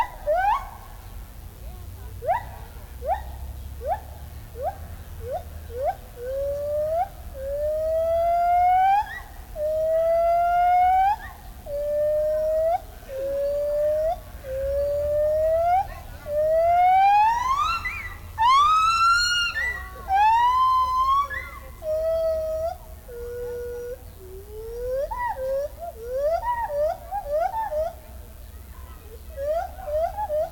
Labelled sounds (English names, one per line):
Lar Gibbon